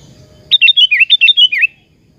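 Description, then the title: Sooty-headed bulbul song: a lively phrase of several bubbling, whistled notes that rise and fall, loud and clear over a quiet background. "Kutilang"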